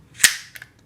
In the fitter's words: We're going to push up until you hear a click,